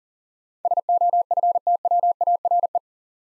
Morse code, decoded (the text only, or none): SOFTWARE